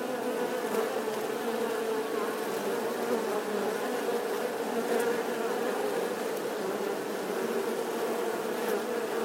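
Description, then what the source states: Honey bee swarm buzzing: a dense, steady low hum from many bees, even throughout with no pauses. Bee swarm buzzing outside the hive.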